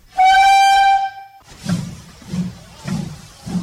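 A steam locomotive whistle sounds one long, steady, harmonic-rich blast, then fades into the rhythmic chuffing of the train, with low puffs repeating roughly every half second. It is a heritage ride in Małopolska, Poland, with a steam engine and early 20th-century carriages, run by the Nowy Sącz Railway Enthusiasts' Association.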